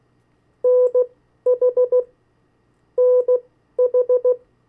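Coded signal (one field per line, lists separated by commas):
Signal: Morse code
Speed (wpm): 16 wpm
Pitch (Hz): 500 Hz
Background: none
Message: NH NH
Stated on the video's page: CW copy practice of the 50 state abbreviations at variable speeds.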